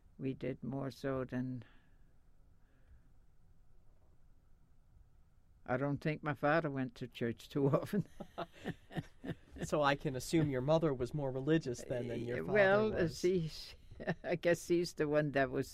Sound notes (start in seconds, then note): 7.7 they laugh; 13.9 she laughs